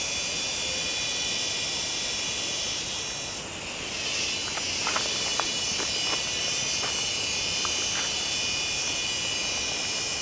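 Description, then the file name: Cicadas buzzing: an unbroken, dense, high-pitched drone holds steady throughout, with a few faint taps or clicks near the middle. "Zikaden"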